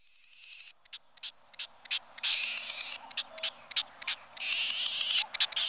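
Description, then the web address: Solitary snipe giving harsh, rasping calls: a short grating note, then scattered brief bursts and longer raspy runs, irregularly spaced. "gallinago solitaria"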